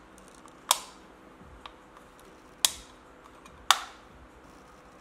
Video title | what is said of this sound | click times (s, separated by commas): 7 MORE Mods and Improvements for a Metal Lathe! | there's still enough space to adjust the belt in there and of course it also has a front cover which just pops in with a very satisfying click | 0.7 s, 2.6 s, 3.7 s